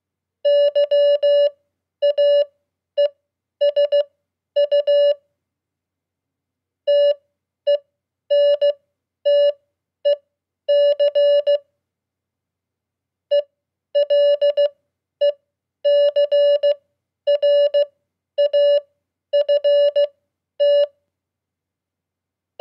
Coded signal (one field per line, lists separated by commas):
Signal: Morse code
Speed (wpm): 16 wpm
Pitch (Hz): 580 Hz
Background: none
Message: YAESU TENTEC ELECRAFT